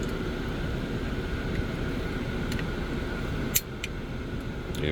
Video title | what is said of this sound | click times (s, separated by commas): How To Remove Interior Overhead Grab Handles On A 2022-2025 Toyota Rav4. | even snap for you that's what you want to see | 3.6 s